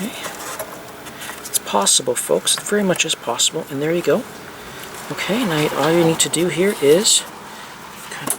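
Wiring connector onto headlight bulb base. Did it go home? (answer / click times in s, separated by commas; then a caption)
yes / 8.3 s. A wiring connector is pushed onto the base of a newly installed H11 low-beam headlight bulb behind the headlamp of a 2010–2012 Ford Fusion (also Mercury Milan and Lincoln MKZ), fitting onto the bulb's plastic connector. Someone talks through most of the clip, then a sharp click sounds at 8.3 s as the connector seats.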